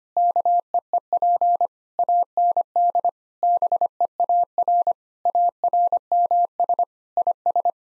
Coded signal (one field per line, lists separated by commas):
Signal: Morse code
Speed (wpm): 25 wpm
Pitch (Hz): 700 Hz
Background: none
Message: KEEP AND BEAR ARMS IS